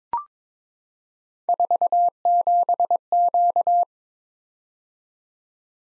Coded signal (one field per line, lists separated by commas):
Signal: Morse code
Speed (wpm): 22 wpm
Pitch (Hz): 700 Hz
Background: none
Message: 47Q